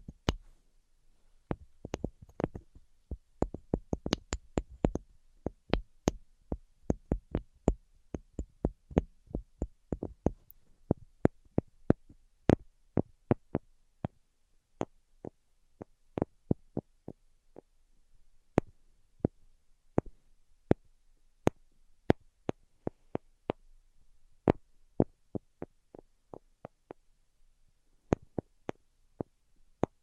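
Sharp, dry taps come in irregular clusters throughout, some quick and bunched, others spaced out, over a nearly silent background.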